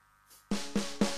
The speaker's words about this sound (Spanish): Tocá dos veces el tacho a ver si me escuchás.